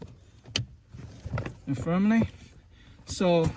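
A second piggyback wiring harness plug, part of a RedArc Tow-Pro brake controller install on a 2025+ Toyota Land Cruiser 300 GX/GXL, is pushed back firmly into the vehicle connector. It seats with a single loud, sharp click at 0.6 s, followed by a few fainter handling ticks around 1.4 s. Someone talks over the clip.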